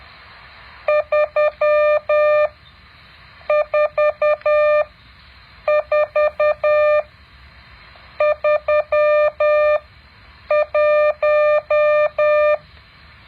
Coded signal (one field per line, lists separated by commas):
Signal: Morse code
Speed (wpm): 10 wpm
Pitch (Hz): 600 Hz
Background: none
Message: 34431